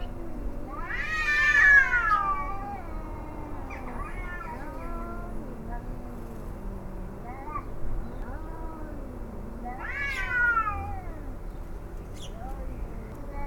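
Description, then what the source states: Cats howling in wavering, quavering yowls: two loud, sharp-rising cries near the start and end, with lower, sliding moans between them over a steady background hum. Field recording of several cats howling, May 2018.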